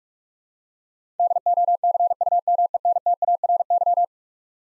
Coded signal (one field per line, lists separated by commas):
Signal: Morse code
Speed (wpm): 46 wpm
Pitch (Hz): 700 Hz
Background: none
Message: DOCUMENTARY